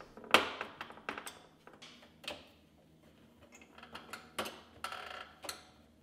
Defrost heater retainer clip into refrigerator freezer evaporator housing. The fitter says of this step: then push the front until it snaps into place.